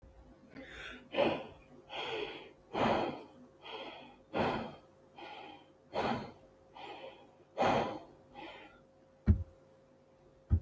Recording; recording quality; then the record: deep breathing; excellent, no background noise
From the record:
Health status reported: healthy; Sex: male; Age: 32 years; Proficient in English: no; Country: India